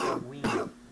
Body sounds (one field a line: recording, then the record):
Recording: coughing mixed with background sound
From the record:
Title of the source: Coughing 77